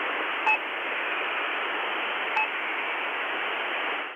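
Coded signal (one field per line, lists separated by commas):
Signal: channel marker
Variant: The Pip imitation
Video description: Likely to be a Russian radio pirate rather than a military channel marker, this is a particularly strong signal currently broadcasting constantly. The normal marker is very similar to the pip channel marker usually found on either 5448 kHz (day) or 3756 kHz (night).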